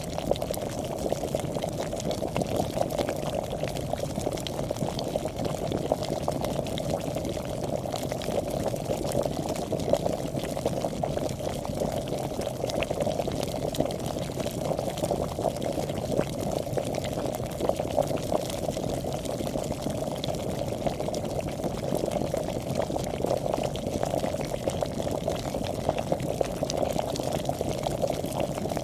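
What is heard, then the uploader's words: Water boils steadily throughout, a dense, constant bubbling rumble centered in the low-mid range with fine crackling fizz above and no pauses. Boiling Water.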